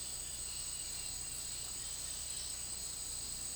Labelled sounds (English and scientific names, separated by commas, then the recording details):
none
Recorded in dense forest near Puerto Asís, Putumayo, Colombia, on 19 March 2025 at 10:00
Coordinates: 0.503, -76.323
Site GP09